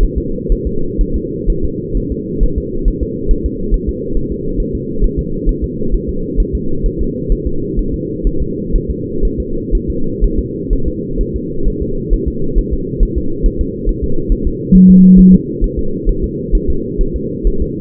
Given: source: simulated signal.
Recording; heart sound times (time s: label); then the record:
fetal heart sounds
0.03 s: S1
0.18 s: S2
0.52 s: S1
0.67 s: S2
1.01 s: S1
1.16 s: S2
1.50 s: S1
1.65 s: S2
1.97 s: S1
2.12 s: S2
2.43 s: S1
2.58 s: S2
2.88 s: S1
3.03 s: S2
3.31 s: S1
3.46 s: S2
3.74 s: S1
3.89 s: S2
4.17 s: S1
4.32 s: S2
4.60 s: S1
4.75 s: S2
5.04 s: S1
5.19 s: S2
5.49 s: S1
5.64 s: S2
5.94 s: S1
6.09 s: S2
6.40 s: S1
6.55 s: S2
6.86 s: S1
7.01 s: S2
7.32 s: S1
7.47 s: S2
7.79 s: S1
7.94 s: S2
8.27 s: S1
8.42 s: S2
8.76 s: S1
8.90 s: S2
9.25 s: S1
9.40 s: S2
9.75 s: S1
9.90 s: S2
10.24 s: S1
10.39 s: S2
10.73 s: S1
10.88 s: S2
11.21 s: S1
11.36 s: S2
11.68 s: S1
11.82 s: S2
12.13 s: S1
12.28 s: S2
12.59 s: S1
12.73 s: S2
13.03 s: S1
13.18 s: S2
13.46 s: S1
13.61 s: S2
13.89 s: S1
14.04 s: S2
14.32 s: S1
14.47 s: S2
14.75 s: S1
14.90 s: S2
15.19 s: S1
15.34 s: S2
15.64 s: S1
15.79 s: S2
16.09 s: S1
16.24 s: S2
16.55 s: S1
16.70 s: S2
17.01 s: S1
17.16 s: S2
17.47 s: S1
17.62 s: S2
From the record:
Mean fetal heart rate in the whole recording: 130 bpm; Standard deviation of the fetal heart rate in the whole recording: 4 bpm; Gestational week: 38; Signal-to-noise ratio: -8.1 dB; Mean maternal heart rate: 72 bpm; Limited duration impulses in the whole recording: present